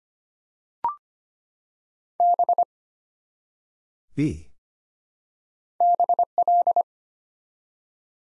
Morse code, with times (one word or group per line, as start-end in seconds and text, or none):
2.2-2.6 B
5.8-6.8 BL